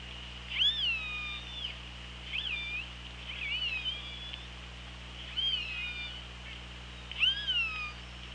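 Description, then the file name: Killer whale calls: several tonal, harmonic calls over a steady hiss and low hum. Recorded on the Orca Lab hydrophone, 24 August 2017 at 17:23. "Orca Lab UTLN JASON 20170824 172300"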